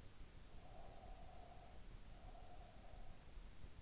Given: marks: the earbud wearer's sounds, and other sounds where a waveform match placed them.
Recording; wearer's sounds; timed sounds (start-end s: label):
sounds in sleep by an in-ear microphone; breath
0.27-3.46 s: breath